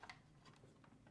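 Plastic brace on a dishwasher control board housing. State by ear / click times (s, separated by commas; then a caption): not seated / none. A plastic brace connector on the control board housing of a Whirlpool, Maytag or KitchenAid dishwasher, main control board part W10875442, is handled as it is hooked behind the wires by its three retainers and rotated toward position. Two brief sharp ticks are heard at 0.0 s and 0.1 s, followed by faint handling noise. Nothing has seated or clicked yet, and the four arms have not locked onto the control box.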